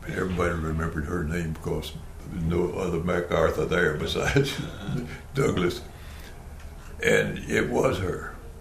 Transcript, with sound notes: Everybody remembered her name because no other MacArthur there [Chuckling] besides Douglas. And it was her,